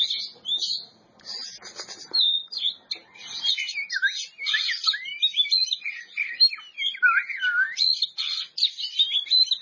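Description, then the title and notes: Oriental magpie-robin song, a fast continuous stream of rich whistles, rising and falling slurs and chattering notes with hardly any pause. Champion bird. "Kicau Burung Kacer Juara. Suara Kicauan Burung Kacer Juara"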